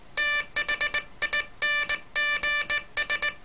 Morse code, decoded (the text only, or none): THINGS